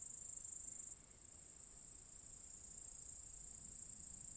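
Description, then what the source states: Cicada song: a thin, piercing hiss that weakens abruptly just before one second, then continues steadily at a lower level. Several cicadas in an apple tree orchard at Zalensų Sodybos, Lithuania, recorded 23 August 2015.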